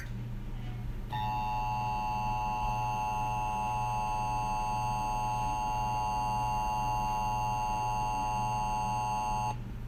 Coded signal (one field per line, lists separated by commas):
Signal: Emergency Alert System (SAME) tones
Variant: 853 and 960 Hz attention tone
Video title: EAS Scenario #1: Reversed Time (CREDITS IN THE DESC)